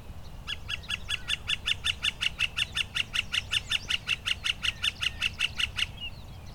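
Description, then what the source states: Northern Flicker call: a long, even series of many loud, sharp notes lasting about five seconds, over low rumbling background noise. Conservation area, May 16, 2020; calling fairly loudly.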